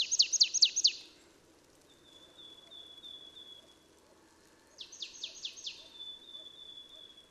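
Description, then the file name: Marsh tit calls: a quick burst of four or five sharp, high descending notes, a pause with a thin steady whistle, then another similar burst of rapid notes. "Poecile palustris"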